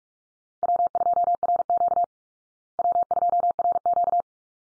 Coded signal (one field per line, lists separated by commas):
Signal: Morse code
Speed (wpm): 44 wpm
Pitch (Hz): 700 Hz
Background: none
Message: W2RQ W2RQ